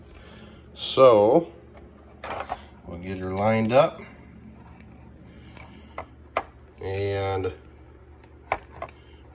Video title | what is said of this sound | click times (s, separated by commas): Koi pond DISSOLVED OXYGEN METER | it on and then you hear it click | 8.5 s